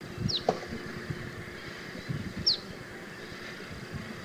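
Boat-tailed grackle giving brief, piercing downward-sweeping notes, one near the start and another two seconds later, with a faint lower note over low background noise.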